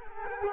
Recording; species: mosquito wingbeat signal from an infrared sensor; Culex quinquefasciatus